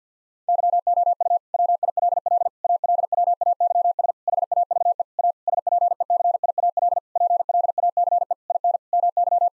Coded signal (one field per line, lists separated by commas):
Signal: Morse code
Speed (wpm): 50 wpm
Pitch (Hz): 700 Hz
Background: none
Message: YOU WILL ALWAYS HAVE A SPECIAL PLACE IN MY